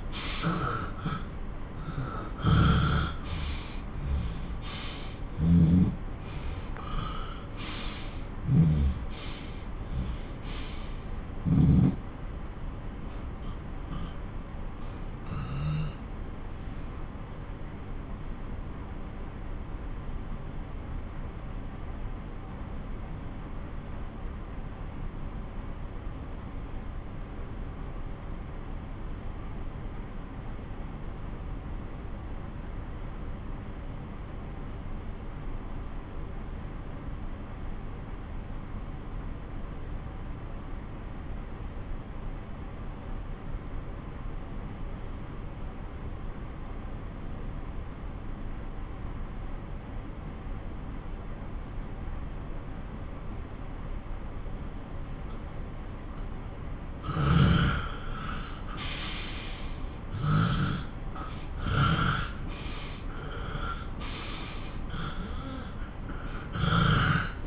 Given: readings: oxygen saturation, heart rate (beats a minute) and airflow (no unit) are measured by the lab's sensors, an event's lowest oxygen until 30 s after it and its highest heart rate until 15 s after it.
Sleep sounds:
breathing in sleep by a smartphone at the bedside; 1
13.00-58.00 s: obstructive apnea (N1, oxygen 97% highest, then 90% lowest)
28.00-67.47 s: new sleep stage, N2 (light sleep)
From the record:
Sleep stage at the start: N1 (lightest sleep); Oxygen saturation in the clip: 89 to 97%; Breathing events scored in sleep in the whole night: 217 in 6.3 hours asleep

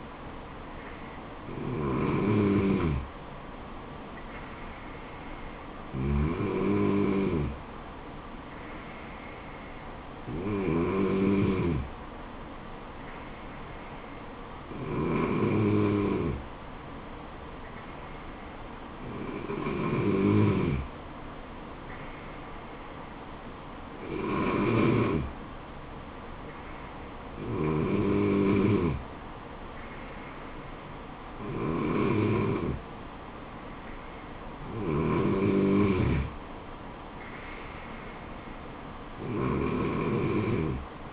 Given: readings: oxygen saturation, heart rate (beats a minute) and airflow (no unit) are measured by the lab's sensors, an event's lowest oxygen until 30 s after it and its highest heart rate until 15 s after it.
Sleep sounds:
breathing in sleep by a voice recorder at the bedside; none
21.00-41.13 s: new sleep stage, N2 (light sleep)
From the record:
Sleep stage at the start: N3 (deep sleep); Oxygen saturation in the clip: 95 to 96%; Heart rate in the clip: 69 to 76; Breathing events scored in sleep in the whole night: 426 in 7.4 hours asleep

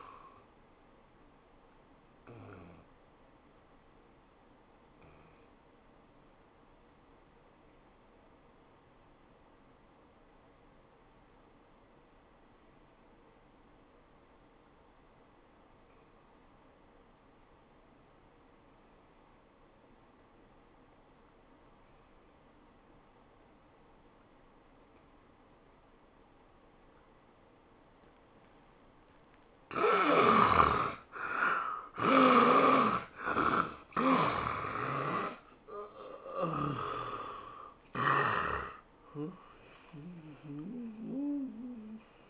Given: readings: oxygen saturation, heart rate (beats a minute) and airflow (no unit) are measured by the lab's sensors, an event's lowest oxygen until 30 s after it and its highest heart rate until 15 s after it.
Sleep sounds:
breathing in sleep by a voice recorder at the bedside; 1
7.00-30.60 s: obstructive apnea (N1, oxygen 92% highest, then 69% lowest, heart rate 74 at the start, 103 highest)
From the record:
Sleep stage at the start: N1 (lightest sleep); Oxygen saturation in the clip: 71 to 92%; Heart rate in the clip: 74 to 103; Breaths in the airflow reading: 7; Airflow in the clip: -14.4 to 11.7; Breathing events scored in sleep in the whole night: 403 in 5.5 hours asleep

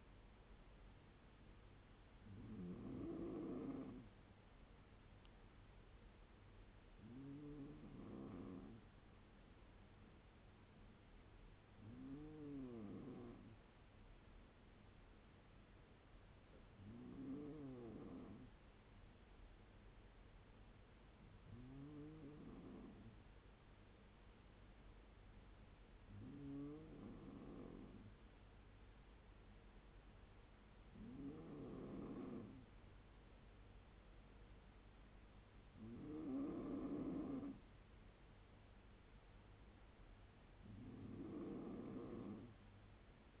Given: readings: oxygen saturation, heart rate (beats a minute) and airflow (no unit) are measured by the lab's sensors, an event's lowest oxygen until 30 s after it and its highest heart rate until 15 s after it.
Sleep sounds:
breathing in sleep by a voice recorder at the bedside; none
none scored
From the record:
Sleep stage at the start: N2 (light sleep); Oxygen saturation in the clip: 94 to 95%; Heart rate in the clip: 68 to 78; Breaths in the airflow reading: 9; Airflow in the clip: -4.3 to 3.7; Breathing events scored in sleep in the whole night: 201 in 6.5 hours asleep

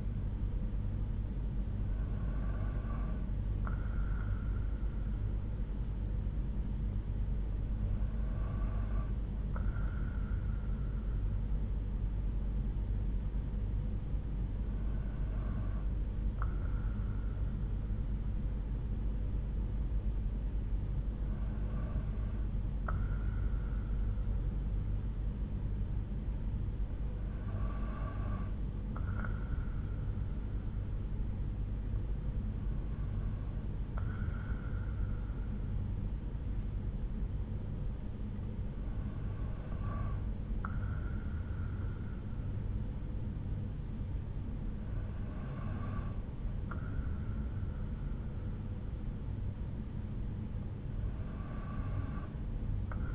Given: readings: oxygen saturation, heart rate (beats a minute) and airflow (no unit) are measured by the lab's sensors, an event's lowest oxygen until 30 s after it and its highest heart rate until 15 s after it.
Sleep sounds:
breathing in sleep by a smartphone at the bedside; none
none scored
From the record:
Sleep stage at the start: N2 (light sleep); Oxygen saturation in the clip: 92 to 93%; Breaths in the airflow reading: 9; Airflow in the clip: -3.2 to 4.2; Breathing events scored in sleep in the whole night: 368 in 8.0 hours asleep

